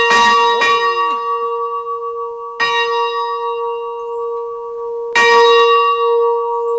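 A large church bell in a tower at the Polish-Czech-German border tripoint, rung by hand by a visitor and swung unevenly so it strikes from one side, striking three times at slow intervals, each loud clang leaving a deep, humming resonance that sustains between strikes. No voices.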